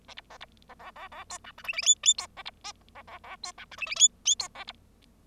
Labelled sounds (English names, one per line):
Bengalese Finch song